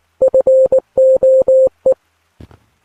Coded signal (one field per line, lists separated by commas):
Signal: Morse code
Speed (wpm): 19 wpm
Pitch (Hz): 520 Hz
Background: none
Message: FOE